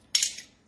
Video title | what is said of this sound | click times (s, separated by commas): This California Chicken Club Ring Will Make Your Family BEG For Seconds! | And then this piece just clicks into place right there. | 0.1 s